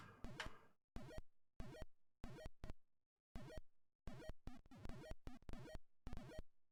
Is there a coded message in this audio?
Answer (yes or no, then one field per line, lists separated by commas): no